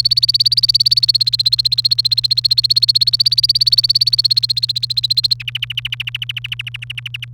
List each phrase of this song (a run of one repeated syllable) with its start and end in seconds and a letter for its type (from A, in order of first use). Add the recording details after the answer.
0.00-5.33 A, 5.40-7.25 B. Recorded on 30 April 2018 at 07:59. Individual llb3